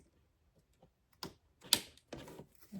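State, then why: Seated. An egg tray slides all the way into an incubator and engages the turning mechanism that rotates it, seating with a sharp, bright click at 1.7 s. Softer scraping and knocking comes before and after it.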